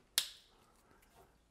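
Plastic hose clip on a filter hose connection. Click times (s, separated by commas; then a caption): 0.2 s. A plastic hose clip on an aquarium filter hose connection is simply clipped on rather than screwed on like a metal clamp, and it snaps shut with a single sharp, bright click at 0.2 s. The snap rings briefly and fades into a quiet background with only faint small noises. The clip is seated.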